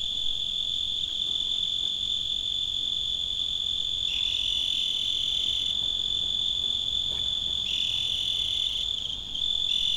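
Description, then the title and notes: Cricket giving a steady high-pitched trill that holds one pitch throughout. Field recordings made in Tavira, Tangier, Lima and Bhubaneswar. "Grillo. grabaciones hechas en tavira, tangier, lima, bhubanshwar"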